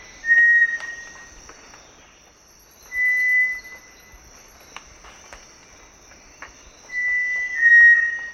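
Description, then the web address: Cinereous tinamou giving pure, steady whistles, each under a second, spaced a few seconds apart, the last two close together, over a constant high insect drone. Recorded in the eastern lowlands of South America. "Natures Songs S America Eastern Lowlands. Cinereous Tinamou"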